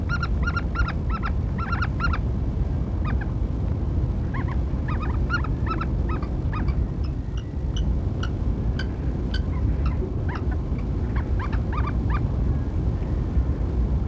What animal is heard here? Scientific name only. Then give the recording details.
Falco tinnunculus. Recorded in captivity. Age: adult. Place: Tierpark Berlin, Berlin, DE. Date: 1964-01-04 16:30. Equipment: Minifon, Kopie BG 26/1. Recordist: Tembrock, Günter. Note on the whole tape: Rufreihen und Laute bei Begegnung. Abstand ca. 2 m